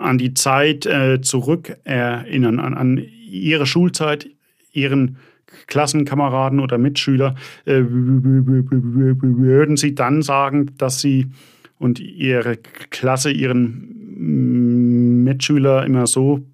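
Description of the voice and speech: A man in his late twenties who has stuttered all his life asks a question in German with repeated syllables and sounds ("an, an, an", "v... v... würden"), stretched sounds and several tense pauses mid-phrase. These repetitions and blocks are typical of stuttering.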